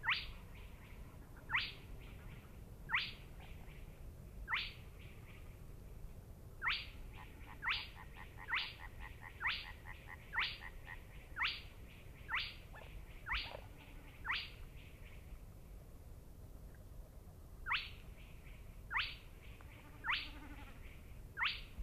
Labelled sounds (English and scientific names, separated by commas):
Spotted Crake (Porzana porzana) song